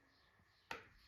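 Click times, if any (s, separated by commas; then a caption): 0.7 s. A cover or filter part is popped into the housing of a 1993–1997 Miracle Mate vintage canister vacuum cleaner. A sharp, short click sounds at 0.7 s and the part is seated in place.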